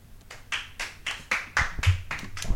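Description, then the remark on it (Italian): Steady, rhythmic applause: about nine sharp, bright claps in quick succession at a moderate level, with no voices. “Applausi scroscianti.”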